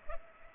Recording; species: mosquito wingbeat signal from an infrared sensor; Culex pipiens